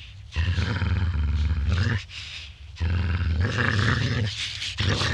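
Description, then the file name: Dog growl, deep and rasping, in two long rumbling stretches separated by a brief quieter pause, then the start of a third. "Digiffects Sound Effects Library - Dog Growling"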